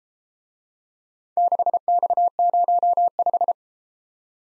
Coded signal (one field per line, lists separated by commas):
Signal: Morse code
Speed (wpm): 33 wpm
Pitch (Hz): 700 Hz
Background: none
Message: 6X05